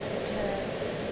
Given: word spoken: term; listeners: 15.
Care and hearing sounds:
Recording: one English word in noise, from a listening test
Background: speech-shaped noise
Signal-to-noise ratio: -4.7 dB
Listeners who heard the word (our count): 1 of 15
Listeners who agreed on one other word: 9 of 15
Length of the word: 0.72 s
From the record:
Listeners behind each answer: 9, 2, 1, 1, 1, 1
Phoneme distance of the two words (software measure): 10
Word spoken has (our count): 1 syllable, 3 phonemes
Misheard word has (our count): 1 syllable, 3 phonemes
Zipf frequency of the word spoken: 5.05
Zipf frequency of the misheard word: 5.45

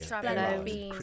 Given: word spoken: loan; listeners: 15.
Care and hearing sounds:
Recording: one English word in noise, from a listening test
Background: four-talker babble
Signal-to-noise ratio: -0.2 dB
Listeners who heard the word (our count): 2 of 15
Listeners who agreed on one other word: 6 of 15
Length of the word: 0.62 s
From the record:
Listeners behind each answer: 6, 3, 2, 1, 1, 1, 1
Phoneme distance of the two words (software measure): 7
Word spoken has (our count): 1 syllable, 3 phonemes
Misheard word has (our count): 1 syllable, 2 phonemes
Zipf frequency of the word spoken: 4.32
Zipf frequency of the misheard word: 5.12

